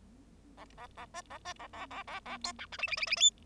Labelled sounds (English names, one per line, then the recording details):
Bengalese Finch song
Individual Bird0